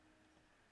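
A plastic LEGO stair railing piece is handled as it is fitted into a LEGO Lord of the Rings Rivendell 10316 building model. Only a faint, steady low-level noise is heard, with no sharp transients. The railing has not yet clipped into place; nothing has seated or clicked.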